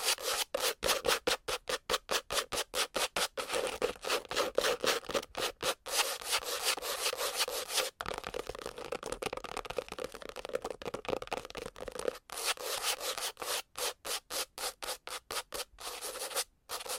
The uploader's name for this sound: Scratching , Tapping & Massage